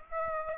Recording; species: mosquito wingbeat signal from an infrared sensor; Aedes aegypti